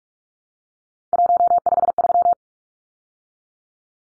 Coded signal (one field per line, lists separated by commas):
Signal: Morse code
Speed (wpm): 44 wpm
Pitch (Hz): 700 Hz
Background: none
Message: 153